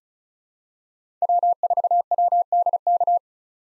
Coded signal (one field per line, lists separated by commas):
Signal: Morse code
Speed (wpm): 36 wpm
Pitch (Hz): 700 Hz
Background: none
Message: W4WDK